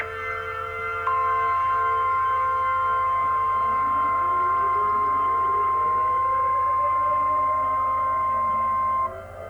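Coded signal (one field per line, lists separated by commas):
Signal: Emergency Alert System (SAME) tones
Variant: 1050 Hz attention tone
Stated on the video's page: Fictional EAS scenario; the tones may or may not be valid.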